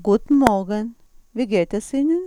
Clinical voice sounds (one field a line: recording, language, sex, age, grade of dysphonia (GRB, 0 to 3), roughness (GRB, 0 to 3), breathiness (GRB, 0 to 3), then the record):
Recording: spoken sentence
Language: German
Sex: female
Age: 50 to 59 years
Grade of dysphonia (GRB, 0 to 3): 2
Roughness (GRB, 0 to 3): 0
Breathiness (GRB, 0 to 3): 2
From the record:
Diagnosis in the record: dysodia (singing voice disorder), hyperfunctional dysphonia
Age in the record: 54 years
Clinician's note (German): Zustand nach Knötchenabtragung vor 18 Jahren, aktuell keine Knötchen